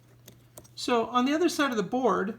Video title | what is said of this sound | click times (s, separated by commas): ELTN 130 power supply instructions part 1 | you press it in you'll hear kind of a click as it goes into place so | 0.3 s, 0.6 s